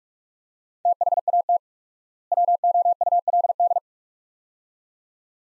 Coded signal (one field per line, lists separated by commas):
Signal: Morse code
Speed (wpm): 46 wpm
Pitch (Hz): 700 Hz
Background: none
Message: THAT WOULD